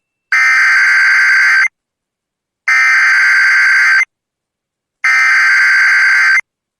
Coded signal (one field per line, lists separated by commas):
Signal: Emergency Alert System (SAME) tones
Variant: header bursts